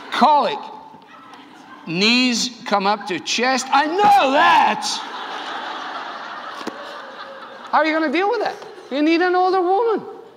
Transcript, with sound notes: “Colic: knees come up to chest.” “I know that!” (laughter) How are you going to deal with that? You need an older woman.